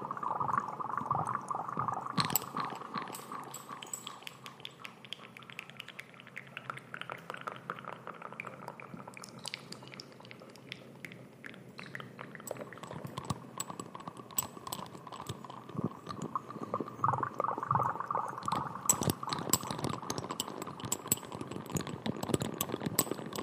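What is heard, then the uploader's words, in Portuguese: Intense wet mouth sounds: dense, rapid clicks, smacks and squelches crowd together almost without pause for the whole stretch. They stay mostly in the middle range, with sharper crisp pops flaring up now and then, especially near the start and after about eighteen seconds. ASMR com MUITO ECO! ASMR intenso com sons de boca molhados.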